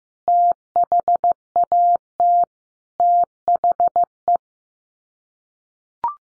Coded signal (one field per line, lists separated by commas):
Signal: Morse code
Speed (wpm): 15 wpm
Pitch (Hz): 700 Hz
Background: none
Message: THAT THE